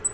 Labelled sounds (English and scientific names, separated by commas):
Black-throated Green Warbler (Setophaga virens) flight call